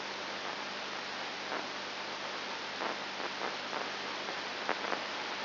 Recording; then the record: brain microelectrode recording played as sound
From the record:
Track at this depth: inside the subthalamic nucleus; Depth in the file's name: 4.501 mm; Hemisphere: left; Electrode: 2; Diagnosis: Parkinson's disease